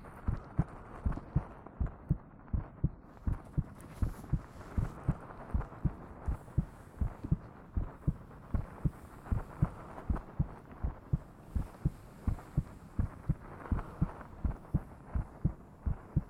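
Steady low heart thumps at about 80 beats per minute, heard with the head pressed against an adult's chest, with brief rustling at the start.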